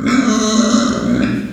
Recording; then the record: squeal of a Yucatan mini pig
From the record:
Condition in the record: after surgery on the right vocal fold (resection and tissue-engineered implant); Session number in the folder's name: 9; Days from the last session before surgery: 65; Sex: female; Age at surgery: 19 weeks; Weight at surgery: 25 kg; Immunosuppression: prednisolone